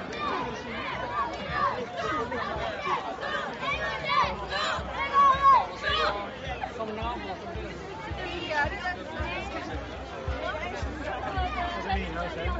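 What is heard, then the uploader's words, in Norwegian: Crowd sounds from a town procession in Leirvik, with many voices talking at once. The babble stays dense and steady throughout, and a brief high call or squeal rises above it around the five-to-six-second mark. Borgartoget i Leirvik.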